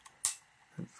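On an Olympus OM-1n film SLR, the ASA (film speed) ring is turned to the chosen setting while its sprung plunger is held down. The plunger is then let up and snaps into its detent with a sharp metal click at 0.3 s, after a faint tick just before and followed by a soft low thump near 0.8 s. The plunger clicks into place very nicely and is seated.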